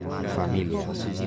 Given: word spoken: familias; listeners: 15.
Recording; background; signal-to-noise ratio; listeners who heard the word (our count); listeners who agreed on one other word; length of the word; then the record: one Spanish word in noise, from a listening test; eight-talker babble; -1.6 dB; 2 of 15; 12 of 15; 0.87 s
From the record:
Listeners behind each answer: 12, 2, 1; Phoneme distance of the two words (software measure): 7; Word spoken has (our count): 3 syllables, 8 phonemes, stress on syllable 2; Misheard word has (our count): 3 syllables, 7 phonemes, stress on syllable 2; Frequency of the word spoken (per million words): 66.21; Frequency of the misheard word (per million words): 244.99